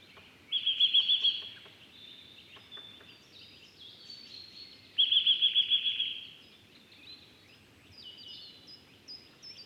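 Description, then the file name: Eurasian nuthatch producing two brisk trills of rapidly repeated high notes, each about a second long, separated by quieter chirping. "Sitta europaea"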